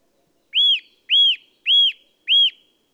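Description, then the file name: Eurasian nuthatch calling: four loud, clear, arched whistled notes, evenly spaced about every half second, in an otherwise quiet setting. "Sitta europaea"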